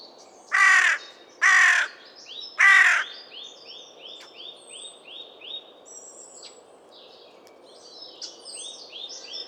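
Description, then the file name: Carrion crow giving three coarse caws about a second apart, then a steady series of repeated high descending chirps from another bird. "Corvus corone"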